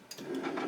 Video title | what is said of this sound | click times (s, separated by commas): AUTO PRESS HEAT PRESS - Unboxing and Reviewing HTVRONT's new auto press! | so i'm going to go ahead and push all the way back until you hit until it clicks | 0.1 s